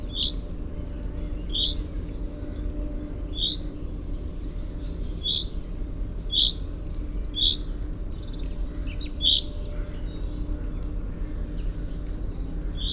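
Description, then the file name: Common chaffinch repeating a short, sharp call at uneven intervals, several notes, over a low steady rumble. "Fringilla coelebs"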